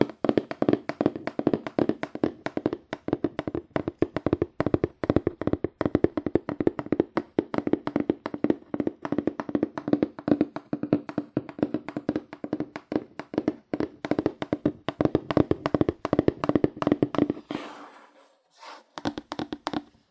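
Fast, aggressive tapping on cardboard in dense, hollow bursts for about seventeen seconds, then a brief pause and a few scattered final taps.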